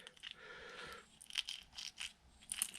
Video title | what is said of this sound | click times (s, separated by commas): HPI Savage Flux Front Diff Repair & Parts Trucks Tear Down. | part of your innards in make sure it clicks okay it's on there | 2.5 s, 2.6 s